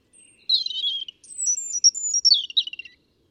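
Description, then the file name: European robin song: a thin high note, then a rich phrase of quick trills and whistles lasting about two and a half seconds, its second half sliding down from very high to lower pitch. "Erithacus rubecula"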